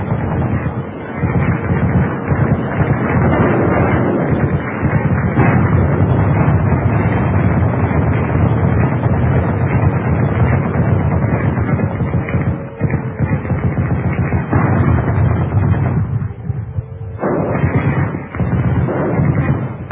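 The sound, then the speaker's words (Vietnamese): Gunfire, bomb explosions and missiles amid thunder, lightning and heavy rain during an air attack on Hanoi merge into a dense, constant roar, with repeated sharp bursts and deep booms pounding through for the whole stretch, loud and muffled in tone, without voices. “tiếng sấm, tiếng sét, tiếng bom, tiếng súng, tiếng tên lửa, tiếng mưa rơi rú rít tức mù.”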